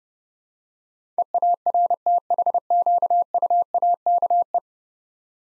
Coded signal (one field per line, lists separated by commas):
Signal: Morse code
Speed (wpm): 30 wpm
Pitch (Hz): 700 Hz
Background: none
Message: EARTHQUAKE